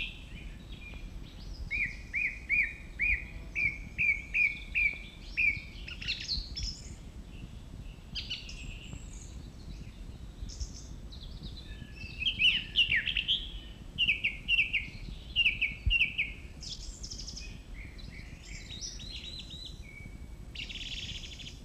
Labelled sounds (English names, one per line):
Song Thrush song